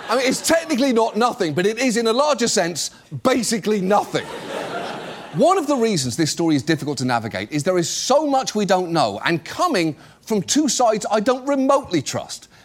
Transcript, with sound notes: I mean, it's technically not nothing, but it is, in a larger sense, basically nothing.
(LAUGHTER)
One of the reasons this story is difficult to navigate is there is so much we don't know, and coming from two sides I don't remotely trust.